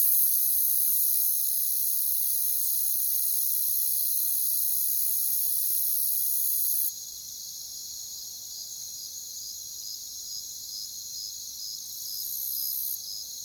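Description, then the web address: Steady high-pitched cricket chorus that becomes quieter about halfway through, then a pulsed chirp repeats about twice a second in the later seconds. "WLL Grade 1-12 Pre-Uni Library Natures Songs Sleep Sounds of Nature CRICKETS Crickets"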